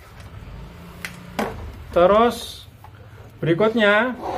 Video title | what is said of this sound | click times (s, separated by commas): TUTORIAL SETTING WIFI-ACCESS POINT TP-LINK AGAR SINYAL INTERNET JADI KUAT DAN MENYEBAR JAUUUH....!!! | kabel kita colokan Sampai bunyi klik terus | 1.1 s